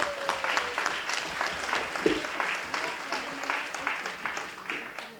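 Sustained audience applause at a gathering in Oaxaca welcoming a woman speaker from CODEP Morelos, a dense crackle of many hands clapping steadily for several seconds at moderate loudness, with faint murmuring voices mixed underneath.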